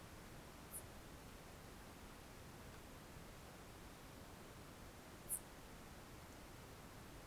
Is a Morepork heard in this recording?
no